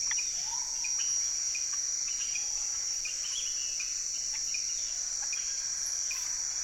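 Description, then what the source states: Amphibian chorus of brief clicks and chirps, overlapping and irregular, under a constant shrill insect hum. Amphibians calling from the ground as rain approaches, trail among tall trees, Saül, French Guiana, 16 November 2006; Nagra Ares BB+ recorder, cardioid MKH40 microphones.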